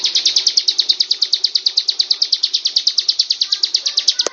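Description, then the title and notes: Bird calling in quick, regular high chirps, closing with a sharp click. "Bird Sound. Kicau Burung Lengkap"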